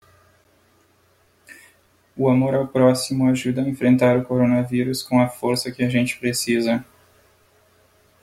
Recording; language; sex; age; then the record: spoken sentence; Brazilian Portuguese; male; 20 to 29 years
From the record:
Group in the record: control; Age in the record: 24 years